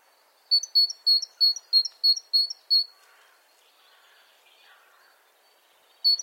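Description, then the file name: Great tit singing eight rapid see-saw phrases, then faint calls from other birds and a single phrase starting again at the end. "Parus major"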